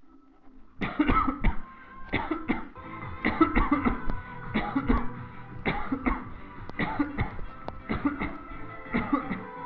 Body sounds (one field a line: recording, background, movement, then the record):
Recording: voluntary coughing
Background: music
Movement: walking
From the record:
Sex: male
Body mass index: 22.0 kg/m2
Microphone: on the chest, facing the body